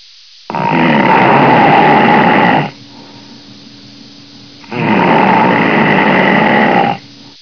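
Two long, rough, rattling snores, each lasting about two seconds and spaced about four seconds apart, roughly 14 breaths a minute. Quiet pauses fall between them. Noisy, vibrating breathing like this is typical snoring from airway tissue fluttering during sleep.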